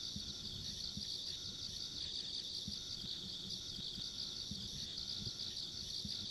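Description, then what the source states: Insects sing in a steady, high, pulsing trill that fills the recording, with a faint ringing tone above and occasional low taps. Ambient insect sounds along a country road.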